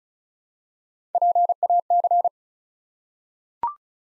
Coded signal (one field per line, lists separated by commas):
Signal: Morse code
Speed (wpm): 36 wpm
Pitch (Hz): 700 Hz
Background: none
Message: PAC